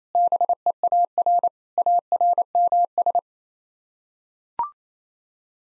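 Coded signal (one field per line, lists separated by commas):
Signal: Morse code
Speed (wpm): 28 wpm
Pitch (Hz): 700 Hz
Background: none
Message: BEAR ARMS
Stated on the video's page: Head-copy drill of seven-word groups in Morse at 28 wpm, each group sent, then spoken, then sent again.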